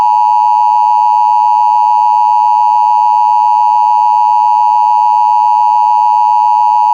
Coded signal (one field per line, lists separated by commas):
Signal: Emergency Alert System (SAME) tones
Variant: 853 and 960 Hz attention tone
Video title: EAS Scenario - Vampire Hunters (Part 1)